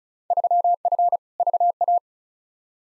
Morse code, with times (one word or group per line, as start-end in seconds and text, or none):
0.3-1.2 3F
1.4-2.0 VA